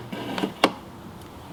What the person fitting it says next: that locks into place